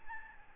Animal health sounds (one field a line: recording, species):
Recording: mosquito wingbeat signal from an infrared sensor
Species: Aedes albopictus